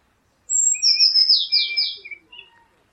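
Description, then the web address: Eurasian blue tit uttering a single call: a piercing high note, then a run of buzzy descending notes ending in a short lower warble. "cianscape birddata 2025 File origin Bird Only Cy Ca"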